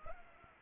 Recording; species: mosquito wingbeat signal from an infrared sensor; Anopheles gambiae